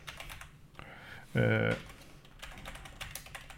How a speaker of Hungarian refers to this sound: bocsánat, most be is gépelem ide gyorsan, mert fel akarok vetni majd neked egy kurva fontos gondolatot.